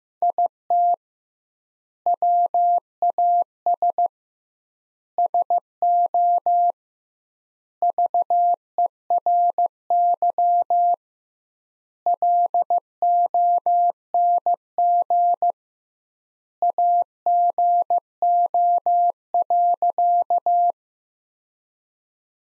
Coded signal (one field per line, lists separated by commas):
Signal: Morse code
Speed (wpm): 15 wpm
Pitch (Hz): 700 Hz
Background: none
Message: IT WAS SO VERY LONG AGO.